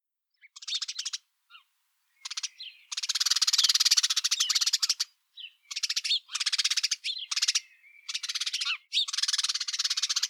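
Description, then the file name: House Sparrow chirping, a near-continuous chatter of rapid, harsh repeated notes with brief gaps. "Passer domesticus"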